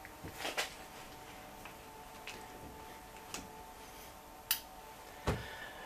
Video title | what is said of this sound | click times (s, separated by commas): SMW Engineering Webley magazine and Air Arms S200 picatinni barrel band | I found this with a normal magazine the bolt don't go forward you roll it down till it clicks and you know it's in place | 4.5 s